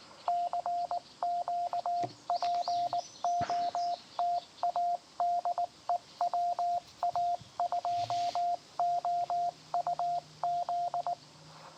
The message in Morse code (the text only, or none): CQ POTA DE WA2OUZ